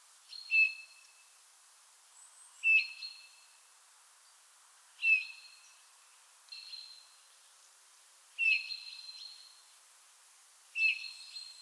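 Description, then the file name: Eurasian bullfinch piping calls about every two seconds, with higher, thinner notes among them and light background hiss. "Pyrrhula pyrrhula"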